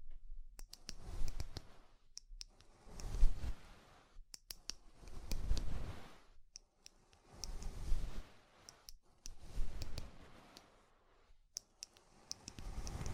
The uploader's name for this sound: Ear Cleaning Rhinestone & Clay Removal